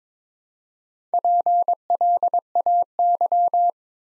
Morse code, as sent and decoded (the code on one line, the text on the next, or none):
.--. .-.. .- -.--
PLAY